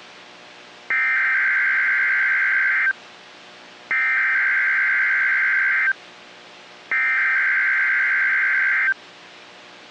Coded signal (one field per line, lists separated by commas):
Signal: Emergency Alert System (SAME) tones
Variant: header bursts